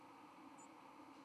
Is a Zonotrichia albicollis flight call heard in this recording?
no